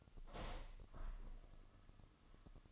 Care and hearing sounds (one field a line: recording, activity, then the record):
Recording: daily activity, microphone in the room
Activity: open window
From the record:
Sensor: 4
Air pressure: 1005.5 hPa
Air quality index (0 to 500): 90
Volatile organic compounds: 2 ppm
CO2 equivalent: 1111 ppm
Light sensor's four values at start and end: 13/29/11/11 and 13/29/11/11